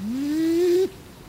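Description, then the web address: Kererū call: a single smooth tonal note lasting under a second, rising gently in pitch and then cutting off abruptly, with quiet background. Green-blue pigeon native to New Zealand; eats fruit and passes native tree seeds; sunbathes after meals. "Birdnote. Kererū-Pigeons-That-Get-Tipsy"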